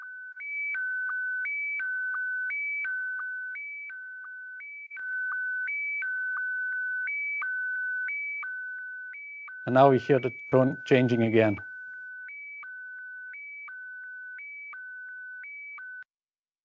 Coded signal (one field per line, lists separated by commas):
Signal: SSTV (slow-scan television)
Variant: Scottie DX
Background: speech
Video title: 2025-04-03 SSTV - A picture is worth a thousand words